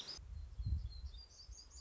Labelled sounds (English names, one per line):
Black-throated Gray Warbler